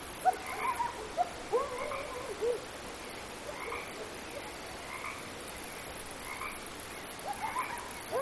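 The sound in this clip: Coyote yipping chorus: several short, high, arching yelps and wavering cries in irregular bursts, busiest early and late, with a steady hiss underneath.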